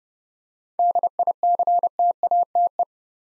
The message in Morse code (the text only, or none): DICTATE